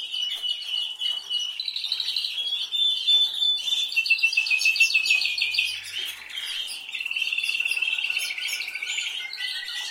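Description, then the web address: Canary song, continuous high warbling trills with a short pause in the middle before resuming. "Golchin Best Canari Seda Canari. Niyaz Music)"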